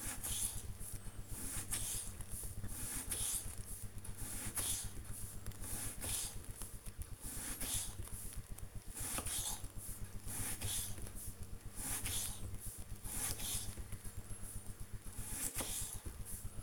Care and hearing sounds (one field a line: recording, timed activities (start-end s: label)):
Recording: household activities, microphone on the right wrist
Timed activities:
0.00-16.63 s: cutting vegetables